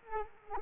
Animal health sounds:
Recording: mosquito wingbeat signal from an infrared sensor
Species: Culex quinquefasciatus

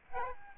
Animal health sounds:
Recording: mosquito wingbeat signal from an infrared sensor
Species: Aedes albopictus

